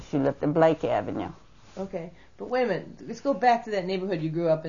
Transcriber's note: none